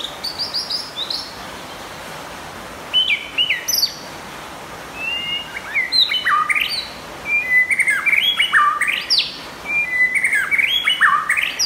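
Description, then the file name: White-rumped shama song with varied whistled phrases, sweeping and stepped notes in bursts separated by short pauses, over a steady background hiss. Champion bird from a singing contest. "suara murai batu juara lomba"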